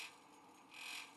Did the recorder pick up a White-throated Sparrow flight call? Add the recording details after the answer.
no. No flight call is heard. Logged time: 06:23 on 5 December 2014